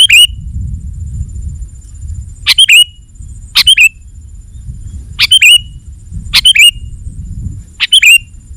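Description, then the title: Sooty-headed bulbul producing several loud, quick chirpy phrases at irregular intervals, over low background rumble and a faint high whine. "kutilang"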